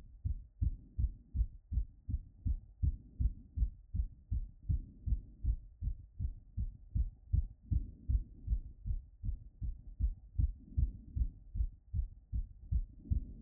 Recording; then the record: heart sounds by stethoscope after running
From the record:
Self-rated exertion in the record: vigorous exertion (4 of 6); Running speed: 5 mph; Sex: male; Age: 21 years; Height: 168 cm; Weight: 61 kg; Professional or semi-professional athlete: no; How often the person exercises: under once a week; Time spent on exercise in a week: 1 to 2 hours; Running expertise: yes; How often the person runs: under once a week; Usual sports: running, hiking, soccer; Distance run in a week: 0 km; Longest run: 10 km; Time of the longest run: 50 minutes